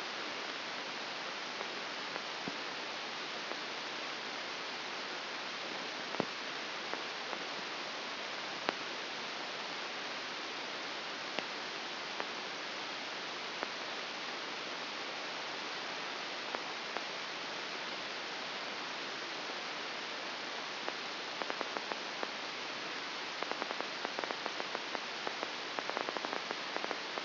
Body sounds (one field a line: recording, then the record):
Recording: brain microelectrode recording played as sound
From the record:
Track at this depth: inside the subthalamic nucleus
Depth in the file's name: 2.1 mm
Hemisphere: left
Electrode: 2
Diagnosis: Parkinson's disease